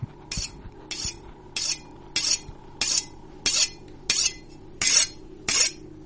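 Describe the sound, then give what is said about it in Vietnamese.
A knife being sharpened on a whetstone in a kitchen: nine steady, evenly spaced scraping strokes, each a bright, hissy rasp, repeating in a regular back-and-forth rhythm with no one speaking. “Cùng lúc ấy, ở dưới gian bếp, loáng thoáng đâu đây, trong tiếng gió thổi vi vút thì có tiếng mài dao vẫn cứ vang lên xoèn xoẹt, nghe đến giận cả người.”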